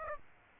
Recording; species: mosquito wingbeat signal from an infrared sensor; Aedes aegypti